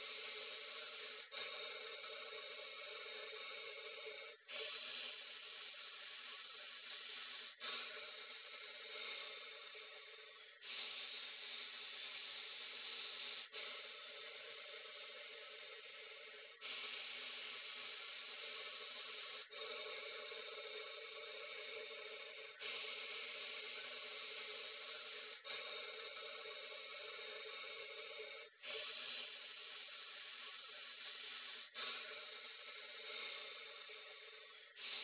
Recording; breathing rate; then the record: paced breathing near a phone; 10 breaths a minute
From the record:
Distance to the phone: 20 cm